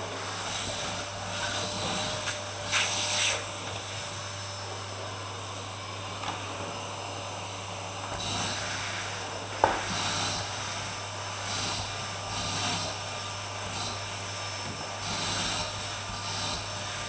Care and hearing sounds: daily activity, microphone in the room; vacuum cleaning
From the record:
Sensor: 2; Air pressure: 988.5 hPa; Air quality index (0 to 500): 195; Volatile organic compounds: 210 ppm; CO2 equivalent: 4244 ppm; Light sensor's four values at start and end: 17/57/22/22 and 17/59/23/22

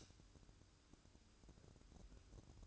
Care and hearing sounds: daily activity, microphone in the room; light on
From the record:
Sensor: 2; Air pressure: 1007.7 hPa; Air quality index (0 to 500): 82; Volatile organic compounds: 1 ppm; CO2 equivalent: 652 ppm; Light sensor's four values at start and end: 7/17/7/7 and 12/31/13/12

